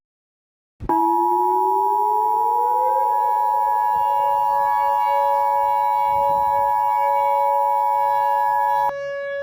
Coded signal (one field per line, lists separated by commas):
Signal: Emergency Alert System (SAME) tones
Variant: 853 and 960 Hz attention tone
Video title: EAS Scenario The Powerpuff Girls